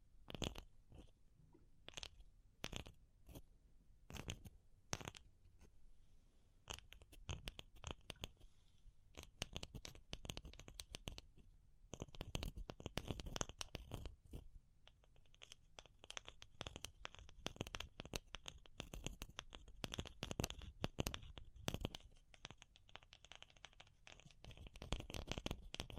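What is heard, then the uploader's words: Fast and slow tapping, made of sharp crisp clicks with a slightly crunchy, scratchy edge. Early on the taps come in scattered, spaced bursts; from about ten seconds they turn denser and quicker, with a faint bright ringing tone running through the later part. ASMR Pure Tapping Fast and Slow (No Talking).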